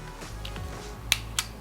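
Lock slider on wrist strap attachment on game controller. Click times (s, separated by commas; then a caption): 1.1 s. A small plastic lock slider on a wrist strap attachment is pushed up to lock the strap onto a game controller rail. Faint handling sounds come first, then a sharp click at 1.1 s as it locks, followed by a second, softer click at about 1.4 s. The strap is locked onto the controller.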